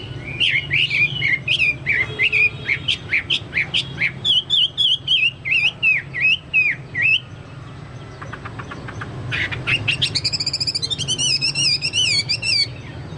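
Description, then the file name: Chinese hwamei song of quick varied whistled notes, then after a pause a fast high trilled series of wavering notes, with low background hum. "hwamei-2-omkicau"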